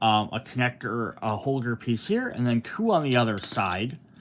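Someone talks while handling a plastic connector piece being fitted onto a card deck holder for a board game. A brief, faint plastic tap is heard right at the end, around 4.2 s, and the piece has not seated or clicked into the holder yet.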